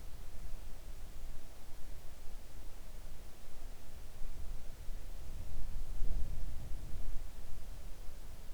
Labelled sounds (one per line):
wind